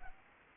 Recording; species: mosquito wingbeat signal from an infrared sensor; Anopheles gambiae